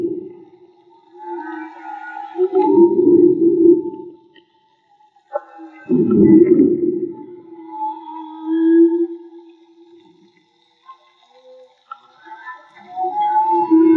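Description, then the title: Whale song with loud rumbling groans separated by mid-pitched tonal moans. Field recording made with DIY hydrophones built by the recordist; audio cleaned afterward. "CANTO DE BALLENAS MAGMA"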